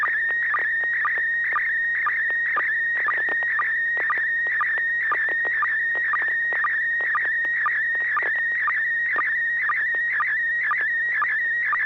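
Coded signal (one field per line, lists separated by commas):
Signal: SSTV (slow-scan television)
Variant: PD120 mode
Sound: steady warbling tone near 1.9 kHz with rhythmic short low blips, about two per second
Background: low hum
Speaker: Roger that I am ready uh this is uh PD one [Music] 20 [Music] e [Applause] [Music] d [Music] n6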